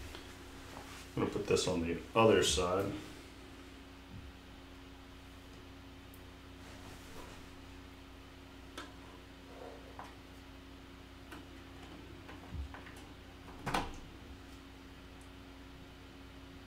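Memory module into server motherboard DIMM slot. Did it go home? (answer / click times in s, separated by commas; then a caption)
no / none. A DDR3 server memory module is handled at a server motherboard DIMM slot. Someone talks briefly at the start, then soft handling noises and a few small taps follow over a steady low hum. Nothing has seated or clicked yet.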